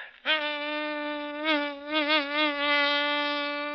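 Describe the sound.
A vocal imitation of a mosquito flying into a grocery store and lighting on a small lump of sugar: a steady, rich, nasal drone that starts abruptly and holds for several seconds, its pitch wavering and swooping in the middle before settling again. No talking.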